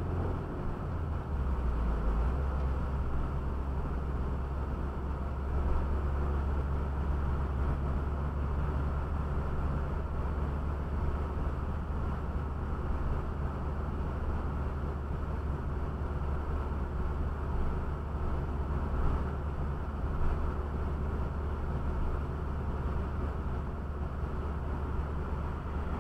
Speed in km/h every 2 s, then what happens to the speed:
55, 52, 51, 54, 55, 55, 55, 55, 55, 55, 55, 55, 55.
0-26 steady at about 55.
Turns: none.